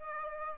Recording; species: mosquito wingbeat signal from an infrared sensor; Aedes aegypti